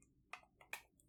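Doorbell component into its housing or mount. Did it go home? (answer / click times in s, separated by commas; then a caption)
yes / 0.3 s, 0.7 s. A part of a Botslab AI wireless video doorbell kit, likely the doorbell or its wireless chime, is pushed into its housing or mount. Two sharp clicks sound at 0.3 s and 0.7 s over quiet background, and the part seats firmly in place.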